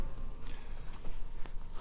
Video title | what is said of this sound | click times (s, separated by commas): 2021 Honda Civic EX Hatchback: In-depth review of standard features you MUST KNOW | Just push them back, they snap right in place. | 1.5 s